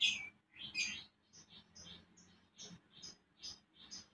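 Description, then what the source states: Oriental magpie-robin song: bursts of high chirpy notes, loudest at the start, then softer repeated chirps, with a low hum beneath. Used to stimulate a bird into singing; Indonesian 'pancingan birahi' (mating lure) and 'masteran' (tutor song) recording for the kacer.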